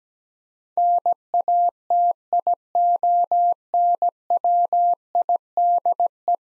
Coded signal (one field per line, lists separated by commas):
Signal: Morse code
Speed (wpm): 17 wpm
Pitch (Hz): 700 Hz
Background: none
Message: NATIONWIDE